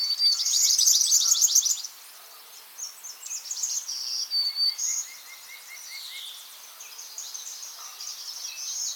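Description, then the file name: Black-throated green warbler song: short buzzy high phrases midway, following a fast bright trill at the start, while other birds chirp lower in the background. "Setophaga virens - Black-throated Green Warbler"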